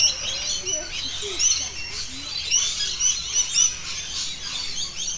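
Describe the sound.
Rainbow lorikeet calls: a busy flock of high, rasping screeches and chirps overlapping continuously, with a few lower squeaky notes underneath.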